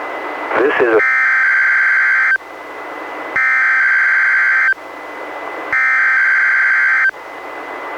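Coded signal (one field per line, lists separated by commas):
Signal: Emergency Alert System (SAME) tones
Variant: header bursts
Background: speech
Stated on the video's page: NWR Required Weekly Test issued by NWS Portland, relayed by a NOAA Weather Radio station in Astoria, received on a Reecom R-1630 weather radio.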